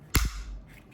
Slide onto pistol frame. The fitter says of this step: click in like that,